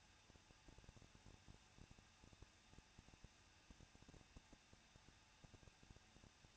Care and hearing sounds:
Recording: daily activity, microphone in the room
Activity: no activity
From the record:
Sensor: 2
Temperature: 21.0 degrees Celsius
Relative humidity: 37.3%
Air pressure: 1006.2 hPa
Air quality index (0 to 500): 221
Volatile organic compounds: 24 ppm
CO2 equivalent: 2802 ppm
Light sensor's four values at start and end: 2/3/2/2 and 2/3/2/2

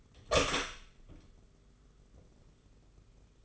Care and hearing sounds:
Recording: daily activity, microphone in the room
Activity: open door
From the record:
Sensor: 4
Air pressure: 991.3 hPa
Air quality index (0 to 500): 134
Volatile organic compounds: 48 ppm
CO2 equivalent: 3272 ppm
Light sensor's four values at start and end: 9/21/8/9 and 14/35/13/15

